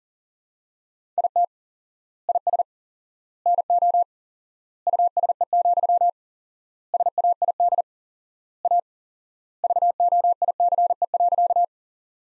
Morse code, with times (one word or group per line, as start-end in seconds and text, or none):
1.2-1.4 IT
2.3-2.6 IS
3.5-4.0 NO
4.9-6.1 USE,
6.9-7.8 SAID
8.7-8.8 A
9.6-11.6 VOICE.